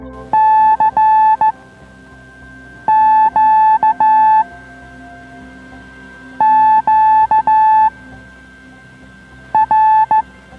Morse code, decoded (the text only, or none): CQ QR